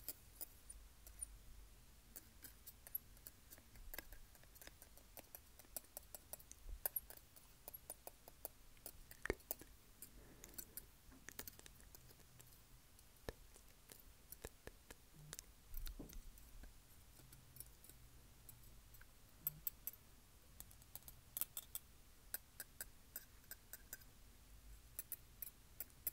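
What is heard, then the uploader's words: Teeth tap in sharp clicks, sometimes in quick dense runs and sometimes spaced slowly, over a faint low hum. Teeth Tapping FAST & SLOW.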